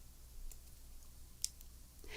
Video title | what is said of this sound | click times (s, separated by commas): What's In My Bag EDC | That clicking means it's securely in place. | 1.4 s